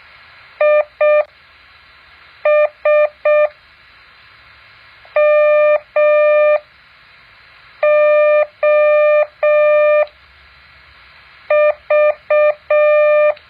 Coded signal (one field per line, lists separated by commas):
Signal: Morse code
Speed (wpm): 6 wpm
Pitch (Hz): 600 Hz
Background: none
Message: ISMOV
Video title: แบบฝึกหัด Morse code 2.5